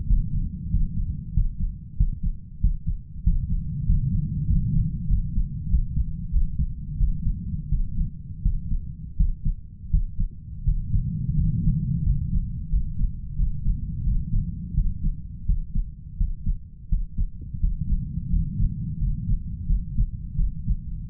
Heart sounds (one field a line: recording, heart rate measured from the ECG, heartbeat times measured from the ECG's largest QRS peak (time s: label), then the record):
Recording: heart sounds by stethoscope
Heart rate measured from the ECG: 89 bpm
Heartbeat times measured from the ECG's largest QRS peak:
0.07 s: heartbeat
0.71 s: heartbeat
1.34 s: heartbeat
1.97 s: heartbeat
2.61 s: heartbeat
3.23 s: heartbeat
3.86 s: heartbeat
4.47 s: heartbeat
5.07 s: heartbeat
5.68 s: heartbeat
6.31 s: heartbeat
6.97 s: heartbeat
7.69 s: heartbeat
8.42 s: heartbeat
9.17 s: heartbeat
9.90 s: heartbeat
10.64 s: heartbeat
11.35 s: heartbeat
12.03 s: heartbeat
12.69 s: heartbeat
13.36 s: heartbeat
14.04 s: heartbeat
14.74 s: heartbeat
15.46 s: heartbeat
16.17 s: heartbeat
16.89 s: heartbeat
17.60 s: heartbeat
18.30 s: heartbeat
18.99 s: heartbeat
19.66 s: heartbeat
20.35 s: heartbeat
21.09 s: heartbeat
From the record:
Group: healthy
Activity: cold pressor test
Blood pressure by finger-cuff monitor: 134/82 mmHg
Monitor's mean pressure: 97 mmHg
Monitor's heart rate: 88 bpm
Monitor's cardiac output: 7.6 L/min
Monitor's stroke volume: 86 mL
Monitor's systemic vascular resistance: 960 dyn s/cm5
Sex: male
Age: 33 years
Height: 179 cm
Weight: 80.4 kg